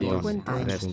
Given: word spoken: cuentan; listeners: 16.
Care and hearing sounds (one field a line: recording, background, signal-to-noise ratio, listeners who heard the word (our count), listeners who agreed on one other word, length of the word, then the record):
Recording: one Spanish word in noise, from a listening test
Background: four-talker babble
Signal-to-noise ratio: -2.6 dB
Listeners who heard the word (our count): 0 of 16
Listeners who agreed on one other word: 6 of 16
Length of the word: 0.53 s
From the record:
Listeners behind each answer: 6, 4, 3, 2, 1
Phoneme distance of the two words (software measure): 20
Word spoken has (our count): 2 syllables, 7 phonemes, stress on syllable 1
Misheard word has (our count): 2 syllables, 7 phonemes, stress on syllable 1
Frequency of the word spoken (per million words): 35.46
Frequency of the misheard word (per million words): 23.84